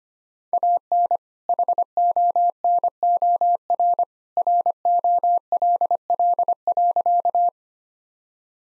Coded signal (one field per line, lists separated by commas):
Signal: Morse code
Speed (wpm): 25 wpm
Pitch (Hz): 700 Hz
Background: none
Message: AN HONOR ROLL.